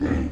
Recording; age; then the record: pig call; growing-finishing pig (85 days or more)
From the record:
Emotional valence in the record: negative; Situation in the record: barren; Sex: female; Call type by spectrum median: low-frequency call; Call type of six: low-frequency stable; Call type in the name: low-frequency stable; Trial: 1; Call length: 0.33 s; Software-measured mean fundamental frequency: 41 Hz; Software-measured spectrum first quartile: 127 Hz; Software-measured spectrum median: 260 Hz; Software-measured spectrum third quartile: 427 Hz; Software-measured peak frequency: 280 Hz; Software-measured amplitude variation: 129 dB a second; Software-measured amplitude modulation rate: 20.0 a second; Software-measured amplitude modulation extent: 6.5 dB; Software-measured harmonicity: 0.8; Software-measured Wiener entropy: -0.82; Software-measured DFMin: 1031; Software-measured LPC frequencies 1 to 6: 318, 1165, 1834, 2449, 3407, 4983 Hz